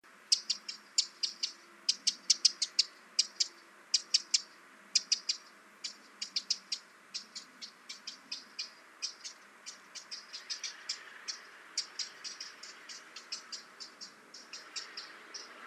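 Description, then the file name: Eurasian wren ticking calls, a long irregular series of hard, sharp high clicks, sometimes in quick clusters, continuing steadily to the end. "Troglodytes troglodytes"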